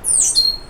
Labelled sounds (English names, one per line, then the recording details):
Stitchbird song
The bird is a male
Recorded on Tiritiri Matangi Island, New Zealand, in 2005
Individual 12, of nest box 16